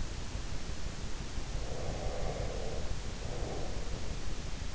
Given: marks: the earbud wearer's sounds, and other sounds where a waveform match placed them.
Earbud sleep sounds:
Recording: sounds in sleep by an in-ear microphone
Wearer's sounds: breath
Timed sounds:
1.10-4.22 s: breath

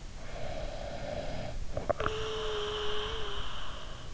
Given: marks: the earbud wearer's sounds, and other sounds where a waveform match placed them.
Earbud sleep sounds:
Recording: sounds in sleep by an in-ear microphone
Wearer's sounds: snoring breath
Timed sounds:
0.40-4.12 s: snoring breath

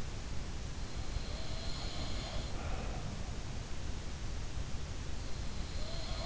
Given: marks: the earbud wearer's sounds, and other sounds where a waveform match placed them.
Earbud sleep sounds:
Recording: sounds in sleep by an in-ear microphone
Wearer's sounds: breath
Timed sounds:
1.11-3.01 s: sound from someone else or the room
2.52-3.01 s: breath
5.79-6.26 s: sound from someone else or the room

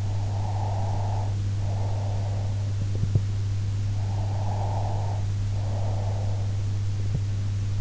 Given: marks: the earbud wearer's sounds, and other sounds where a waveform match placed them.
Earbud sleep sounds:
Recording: sounds in sleep by an in-ear microphone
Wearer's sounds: breath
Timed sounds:
0.00-2.83 s: breath
3.97-6.94 s: breath

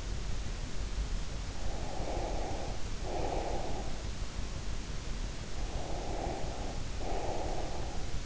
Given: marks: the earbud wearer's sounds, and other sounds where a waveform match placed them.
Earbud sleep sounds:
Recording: sounds in sleep by an in-ear microphone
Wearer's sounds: breath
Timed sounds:
1.40-3.94 s: breath
5.33-8.26 s: breath

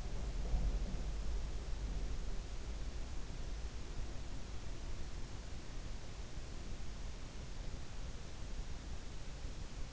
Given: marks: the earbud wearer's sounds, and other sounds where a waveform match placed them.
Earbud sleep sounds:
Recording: sounds in sleep by an in-ear microphone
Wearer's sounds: breath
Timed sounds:
0.00-1.27 s: breath

